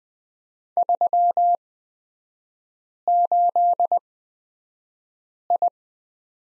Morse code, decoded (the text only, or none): 38I